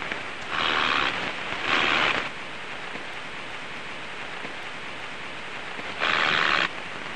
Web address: heuschrecken sound metrioptera roeseli